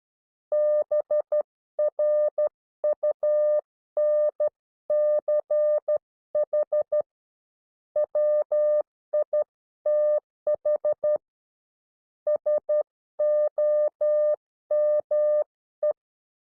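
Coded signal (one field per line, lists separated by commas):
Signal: Morse code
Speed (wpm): 12 wpm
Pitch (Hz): 600 Hz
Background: none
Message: BRUNCH WITH SOME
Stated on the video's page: Recorded Morse class.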